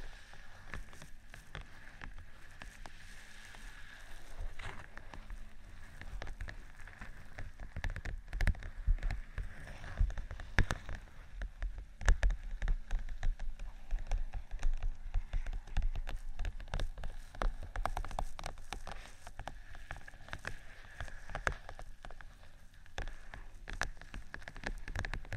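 Tapping and scratching on vinyl, a dense, uneven patter of small clicks and scrapes that runs without pause, much like rain on a surface. Sharper, louder taps stand out around 8, 10 and 12 seconds over a steady low rumble and a faint, thin whine.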